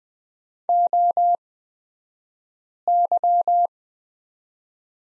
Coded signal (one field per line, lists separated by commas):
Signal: Morse code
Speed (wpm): 20 wpm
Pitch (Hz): 700 Hz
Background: none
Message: OY